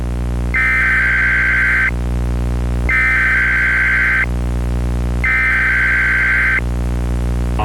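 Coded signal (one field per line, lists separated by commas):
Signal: Emergency Alert System (SAME) tones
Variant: header bursts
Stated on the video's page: Recreation of a 1999 Philadelphia required monthly test on a cable headend, using valid tones; the attention signal is deliberately buzzy, imitating a faulty Sage EAS ENDEC.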